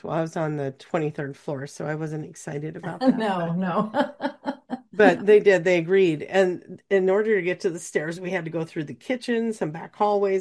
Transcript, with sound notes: Well, I was on the 23rd floor, so I wasn't excited about that.
No, no. (laughs)
But they did. They agreed. And in order to get to the stairs, we had to go through the kitchens and back hallways.